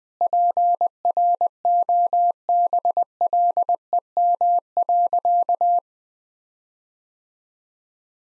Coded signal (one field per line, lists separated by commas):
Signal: Morse code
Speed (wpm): 20 wpm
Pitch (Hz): 700 Hz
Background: none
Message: PROBLEM.